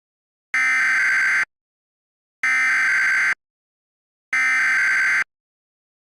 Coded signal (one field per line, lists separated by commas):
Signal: Emergency Alert System (SAME) tones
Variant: header bursts